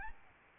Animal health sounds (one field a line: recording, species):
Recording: mosquito wingbeat signal from an infrared sensor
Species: Aedes albopictus